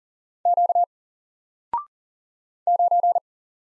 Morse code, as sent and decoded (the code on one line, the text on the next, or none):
--.- / ----.
Q 9